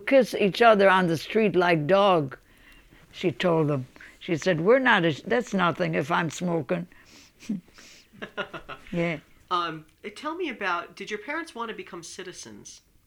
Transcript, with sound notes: You kiss each other on the street like dog," she told them. She said, "We're not, that's nothing if I'm smoking." (they laugh) Yeah.
Tell me about, did your parents want to become citizens?